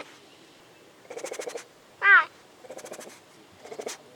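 Clouded leopard making short bursts of rapid pulsed sound, with one brief arched meow-like call in the middle.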